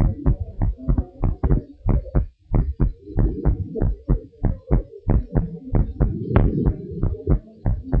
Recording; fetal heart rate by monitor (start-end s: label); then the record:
heart sounds of a pregnant woman by stethoscope
no fetal heartbeat
From the record:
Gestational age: 38 weeks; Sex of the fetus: boy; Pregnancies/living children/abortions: 2/1/0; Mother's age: 32 years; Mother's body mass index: 33.5